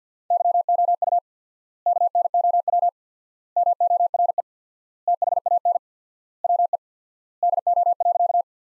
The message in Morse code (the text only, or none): YOU KNOW MORE THAN WE DO.